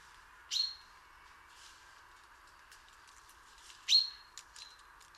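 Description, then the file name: Common chaffinch uttering two clear calls, each a sharp attack dropping into a brief steady whistle, a few seconds apart, with a few faint ticks and a continuous background hiss. "Fringilla coelebs"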